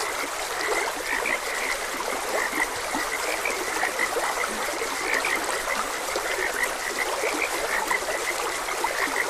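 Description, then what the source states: Frogs croaking in a dense chorus of repeated notes over trickling stream water. Frogs croaking beside a gentle stream.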